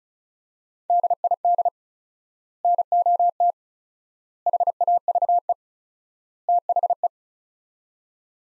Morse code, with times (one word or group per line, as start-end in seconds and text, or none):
0.9-1.7 DID
2.6-3.5 NOT
4.5-5.5 HAVE
6.5-7.1 THE